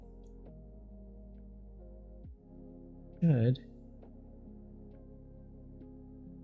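A plastic LEGO piece is handled and pressed, without too much force, toward its spot on a LEGO Gameboy model while a steady tonal background plays and someone briefly talks. Nothing has seated or clicked yet; the piece is still not home when the clip ends.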